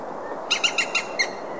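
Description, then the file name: European green woodpecker calling a fast run of five sharp, ringing notes, the last slightly lower, with faint background hiss. "zold kullo hangja"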